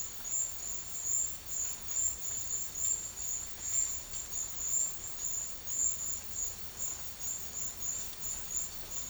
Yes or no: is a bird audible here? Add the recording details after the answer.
no. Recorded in secondary vegetation near Puerto Asís, Putumayo, Colombia, on 4 March 2025 at 12:30. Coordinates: 0.499, -76.323. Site G094